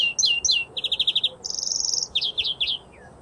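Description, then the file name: European greenfinch song: a couple of chirps, then a fast even trill, a long buzzy wheeze, and a few quick downslurred notes against a quiet background. "Chloris chloris"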